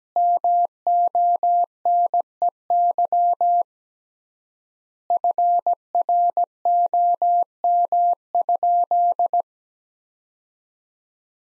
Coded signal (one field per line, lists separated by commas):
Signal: Morse code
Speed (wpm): 17 wpm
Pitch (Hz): 700 Hz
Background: none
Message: MONEY FROM?